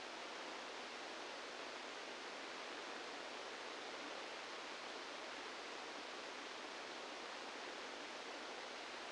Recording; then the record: brain microelectrode recording played as sound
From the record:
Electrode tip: outside the subthalamic nucleus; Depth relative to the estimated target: -8 mm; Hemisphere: right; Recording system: NeuroSet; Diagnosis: Parkinson's disease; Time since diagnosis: 17 years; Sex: male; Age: 64 years